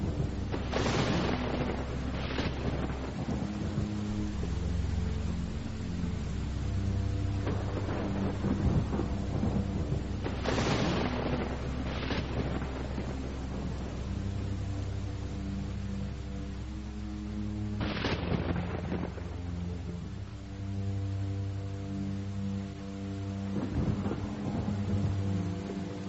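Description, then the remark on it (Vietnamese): A heavy rainstorm, arriving with a sudden change of weather, pours steadily while several loud thunderclaps crack and roll through it, each burst sharp at first and then rumbling away beneath a deep, continuous low drone. “Sao tự nhiên thời tiết lại thay đổi gì vậy? Mưa lớn lắm đây.”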